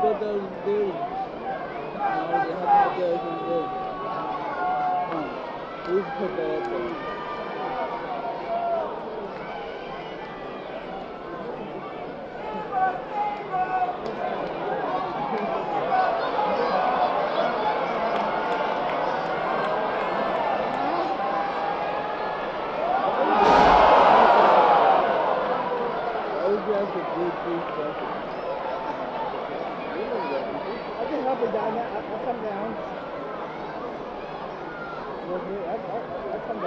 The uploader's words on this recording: Wrestling at Madison square garden. Mostly of people chanting!